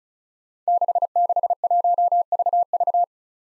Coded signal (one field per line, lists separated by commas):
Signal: Morse code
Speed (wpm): 36 wpm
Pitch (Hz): 700 Hz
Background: none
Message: 661VV